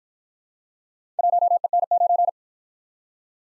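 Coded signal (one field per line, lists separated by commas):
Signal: Morse code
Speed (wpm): 54 wpm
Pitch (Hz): 700 Hz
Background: none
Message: 1EN9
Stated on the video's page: Morse drill of four-character letter-number groups, sent fast at 45 wpm then slowing incrementally to a base speed, with a final repeat at maximum speed.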